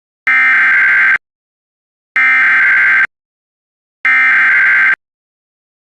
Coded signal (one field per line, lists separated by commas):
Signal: Emergency Alert System (SAME) tones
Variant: header bursts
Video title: HIATUS CHAOS II:FIRES TESTS & STORMS( EAS Alerts from 6/19-7/16/25) EAS #656-687